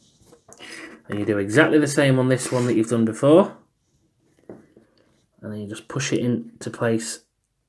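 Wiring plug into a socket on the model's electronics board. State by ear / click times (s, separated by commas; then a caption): not seated / none. Someone talks while a small plastic wiring plug is handled at a socket on the electronics board of a model Battleship Bismarck, with faint soft handling sounds around 4.4–5.0 s in a pause in the talking. The plug has not been pushed home yet, and nothing has seated or clicked.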